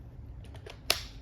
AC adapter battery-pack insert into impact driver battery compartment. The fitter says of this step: an AC adapter that snaps right in that battery compartment and you can plug it into the wall